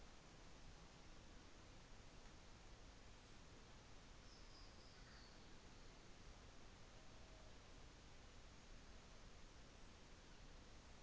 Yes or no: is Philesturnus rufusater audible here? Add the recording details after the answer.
no. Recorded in New Zealand on 24 December 2018. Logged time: 15:10